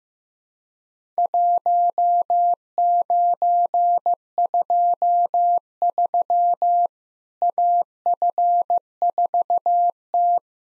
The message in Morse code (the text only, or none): 1923 AF4T